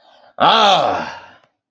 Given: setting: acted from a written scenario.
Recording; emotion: vocal sound without words; anger